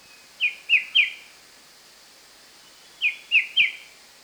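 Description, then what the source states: White-browed shrike-babbler singing two phrases of three clear, sharp whistled notes, the second phrase after a pause of about two seconds. Recorded 1 March 2008.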